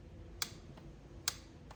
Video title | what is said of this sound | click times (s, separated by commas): Toyota 4Runner • FREE Maintenance Tech Tips - DIY Spark Plugs & PCV Valve Part 7 | wait for the click. | 0.4 s, 1.3 s